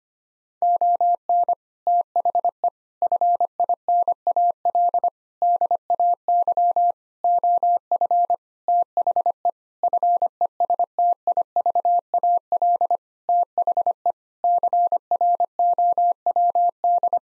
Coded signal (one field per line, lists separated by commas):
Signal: Morse code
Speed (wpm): 25 wpm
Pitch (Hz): 700 Hz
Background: none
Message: ON THE FINAL DAY OF THE FESTIVAL THE CROWD